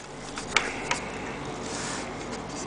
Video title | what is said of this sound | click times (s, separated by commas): Galaxy MP5K PDW Review Pt. I | and you should hear the click. That's when the stock is back in. | 0.6 s